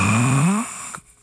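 A single low, buzzing, rattly snore lasting about half a second, with the pitch rising slightly before it fades. An adult man imitates snoring on an in-breath, which is the fake sound; real snoring is heard on breathing out.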